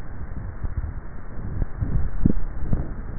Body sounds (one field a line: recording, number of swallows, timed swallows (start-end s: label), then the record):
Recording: swallowing sounds by neck microphone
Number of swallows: 1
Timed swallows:
1.78-2.62 s: swallow
From the record:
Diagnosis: dysphagia